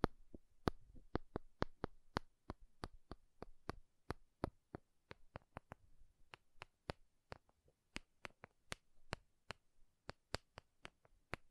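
Makeup tapping and scratching: sharp, crisp taps land about two to four times a second, fairly regular but uneven in strength, some loud and bright, others soft. Between taps, faint scratchy rustling and a low murmur fill the gaps.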